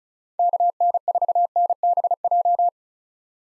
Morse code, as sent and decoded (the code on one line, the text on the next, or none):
-.- -. ....- -. -... .---
KN4NBJ